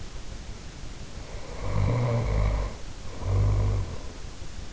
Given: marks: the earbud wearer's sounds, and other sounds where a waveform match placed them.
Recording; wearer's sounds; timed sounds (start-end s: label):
sounds in sleep by an in-ear microphone; snoring breath
1.15-4.20 s: snoring breath